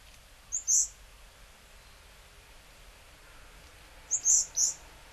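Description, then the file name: Varied tit giving high, sharp notes, a quick pair early, then a quick run of three notes near the end, with steady low hiss between. Recorded in Hyogo, Japan, in February 2009. "yamagara 0902 hyogo kaji"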